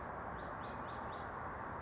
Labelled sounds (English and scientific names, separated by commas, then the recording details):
California Towhee (Melozone crissalis)
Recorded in Sonoma County, California